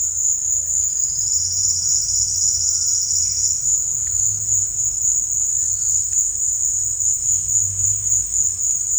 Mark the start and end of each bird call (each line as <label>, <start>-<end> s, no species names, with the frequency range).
bird call (4.7-6.1 kHz), 0.82-3.67 s